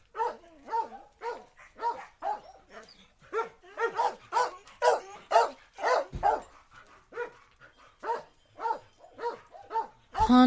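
Several dogs barking almost continuously, quick uneven barks from more than one animal overlapping, ending in a sudden loud noise.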